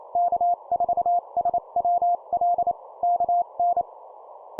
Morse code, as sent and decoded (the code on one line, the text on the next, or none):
-.- ....- ... .-- .-.. / -.- -.
K4SWL KN